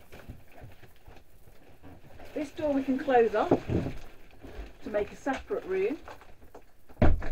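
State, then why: Seated. In an Auto-Trail Tribute F74 motorhome, someone talks while the washroom door is slid closed to make a separate room. Its latch catches in place with a loud clunk at 7.0 s, and the door locks shut.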